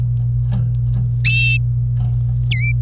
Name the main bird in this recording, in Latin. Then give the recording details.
Serinus canaria. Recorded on 26 April 2018 at 08:27. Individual llb3